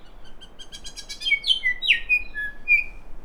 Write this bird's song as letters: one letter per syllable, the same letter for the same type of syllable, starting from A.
A A B B B B B C D E F G H I